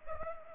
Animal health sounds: mosquito wingbeat signal from an infrared sensor; Culex pipiens

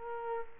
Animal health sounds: mosquito wingbeat signal from an infrared sensor; Culex quinquefasciatus

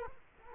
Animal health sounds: mosquito wingbeat signal from an infrared sensor; Culex quinquefasciatus

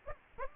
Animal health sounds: mosquito wingbeat signal from an infrared sensor; Aedes aegypti

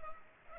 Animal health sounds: mosquito wingbeat signal from an infrared sensor; Culex pipiens

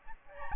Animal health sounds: mosquito wingbeat signal from an infrared sensor; Aedes albopictus

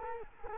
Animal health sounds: mosquito wingbeat signal from an infrared sensor; Culex quinquefasciatus

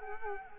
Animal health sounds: mosquito wingbeat signal from an infrared sensor; Culex quinquefasciatus

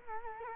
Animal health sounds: mosquito wingbeat signal from an infrared sensor; Culex quinquefasciatus

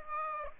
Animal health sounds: mosquito wingbeat signal from an infrared sensor; Aedes aegypti

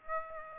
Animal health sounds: mosquito wingbeat signal from an infrared sensor; Aedes aegypti

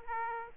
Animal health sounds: mosquito wingbeat signal from an infrared sensor; Aedes aegypti

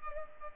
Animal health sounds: mosquito wingbeat signal from an infrared sensor; Culex pipiens

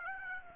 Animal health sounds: mosquito wingbeat signal from an infrared sensor; Aedes aegypti

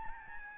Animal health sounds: mosquito wingbeat signal from an infrared sensor; Aedes albopictus

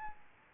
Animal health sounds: mosquito wingbeat signal from an infrared sensor; Aedes albopictus

